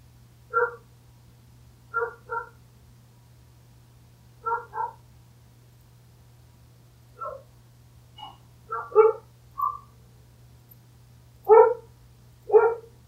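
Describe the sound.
Dog giving several spaced single and paired barks over a constant low hum.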